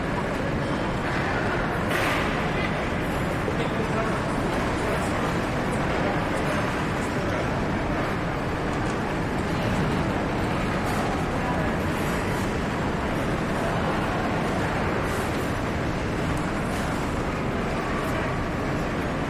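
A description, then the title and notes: Ambience inside a large airport check-in hall: a dense, steady wash of indistinct voices and movement fills the space with a low rumble. Occasional brighter clicks and clatters, like luggage or footsteps, surface every few seconds above the constant crowd murmur. Klanglandschaft/Soundscape: Atmo am Hamburg Airport (Check-in-Terminal). Aufnahme an einem Mittwochvormittag im großen Check-in-Terminal des Hamburger Flughafens.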